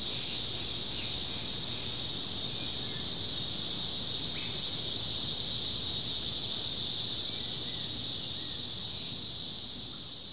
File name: kevin boucher animals insects crickets some flies birds in background